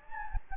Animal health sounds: mosquito wingbeat signal from an infrared sensor; Anopheles gambiae

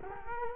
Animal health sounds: mosquito wingbeat signal from an infrared sensor; Culex quinquefasciatus

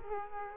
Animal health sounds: mosquito wingbeat signal from an infrared sensor; Culex quinquefasciatus

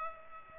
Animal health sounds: mosquito wingbeat signal from an infrared sensor; Culex pipiens

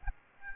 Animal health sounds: mosquito wingbeat signal from an infrared sensor; Aedes albopictus

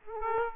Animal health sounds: mosquito wingbeat signal from an infrared sensor; Aedes aegypti

